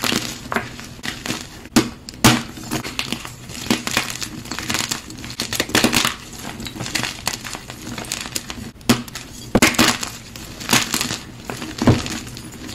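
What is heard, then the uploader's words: A run of crushing sounds: dense crackling and crunching that keeps going with little pause. Sharp, bright cracks stand out near 2, 6, 9.5 and 12 seconds, with a low steady hum underneath throughout. Compilation of new crushes.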